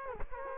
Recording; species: mosquito wingbeat signal from an infrared sensor; Culex quinquefasciatus